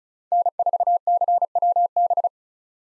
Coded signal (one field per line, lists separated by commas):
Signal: Morse code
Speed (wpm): 36 wpm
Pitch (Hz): 700 Hz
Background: none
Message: N4CWB